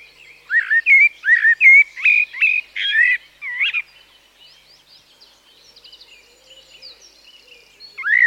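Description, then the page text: Common Blackbird song: several quick fluty, warbling phrases in the first half, then quieter, with soft high chirps from other birds and a final phrase at the end. At dawn, in woodland. "BBC. Blackbird, with dawn woodland atmosphere of song thrush, woodpigeon and jackdaw in background"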